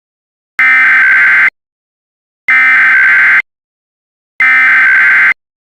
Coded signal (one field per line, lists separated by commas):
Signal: Emergency Alert System (SAME) tones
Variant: header bursts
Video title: EAS MOCK: Confirmed Tornado Warning